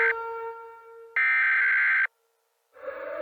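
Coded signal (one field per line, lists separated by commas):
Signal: Emergency Alert System (SAME) tones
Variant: header bursts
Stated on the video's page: Fictional EAS scenario made for entertainment, about a meteor striking Diablo Canyon Power Plant in California.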